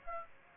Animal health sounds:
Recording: mosquito wingbeat signal from an infrared sensor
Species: Aedes aegypti

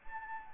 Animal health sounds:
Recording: mosquito wingbeat signal from an infrared sensor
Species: Anopheles gambiae

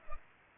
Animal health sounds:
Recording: mosquito wingbeat signal from an infrared sensor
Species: Culex pipiens

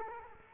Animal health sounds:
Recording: mosquito wingbeat signal from an infrared sensor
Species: Culex quinquefasciatus

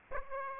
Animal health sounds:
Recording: mosquito wingbeat signal from an infrared sensor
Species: Aedes aegypti

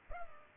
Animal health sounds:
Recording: mosquito wingbeat signal from an infrared sensor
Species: Culex pipiens

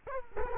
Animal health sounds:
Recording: mosquito wingbeat signal from an infrared sensor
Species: Culex quinquefasciatus

